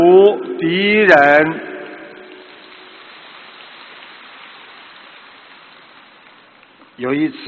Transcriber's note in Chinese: 掌声